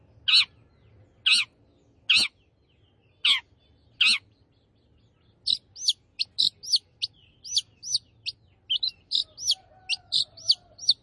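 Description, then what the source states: Long-tailed shrike song: five loud, harsh rasping notes about a second apart, followed by a rapid, varied twittering stream of high chirps. Singing lively, described in Indonesian as gacor.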